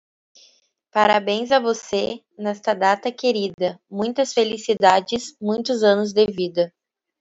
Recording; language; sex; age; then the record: short text; Brazilian Portuguese; female; 20 to 29 years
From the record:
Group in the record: control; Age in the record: 26 years